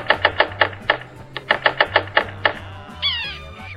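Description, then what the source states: Yellow-bellied Sapsucker: a series of sharp knocks in an uneven rhythm, then a short nasal, mewing call sliding downward. Medium-sized woodpecker.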